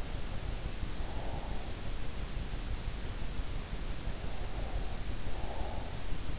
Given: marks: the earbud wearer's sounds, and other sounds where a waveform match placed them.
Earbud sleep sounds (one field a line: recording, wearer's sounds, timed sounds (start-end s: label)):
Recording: sounds in sleep by an in-ear microphone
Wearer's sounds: breath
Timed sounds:
0.17-1.90 s: breath
4.10-6.38 s: breath